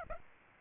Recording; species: mosquito wingbeat signal from an infrared sensor; Aedes aegypti